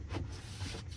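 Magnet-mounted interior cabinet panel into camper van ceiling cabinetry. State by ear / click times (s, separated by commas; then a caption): not seated / none. A magnet-mounted interior cabinet panel is being handled and fitted up into the ceiling cabinetry of a camper van. Only steady low rumble and soft broadband handling noise are heard, with no sharp transient. Nothing has seated or clicked yet.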